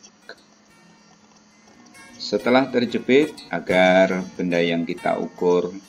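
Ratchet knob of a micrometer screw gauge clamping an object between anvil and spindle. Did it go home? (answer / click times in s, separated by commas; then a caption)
yes / 0.3 s. The ratchet knob at the back of a micrometer screw gauge is turned to close the spindle on an object held between the anvil and spindle, and it gives a sharp click at 0.3 s as it reaches measuring force. Soft music plays throughout, and from about 2.2 s someone talks.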